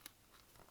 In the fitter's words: you can hear that little click